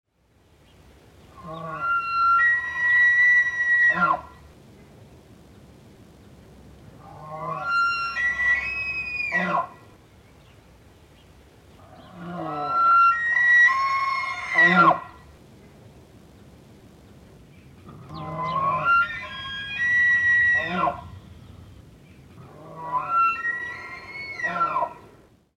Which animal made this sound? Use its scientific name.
Cervus canadensis